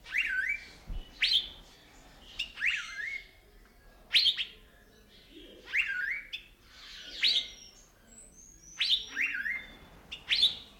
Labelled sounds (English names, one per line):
Asian Fairy-bluebird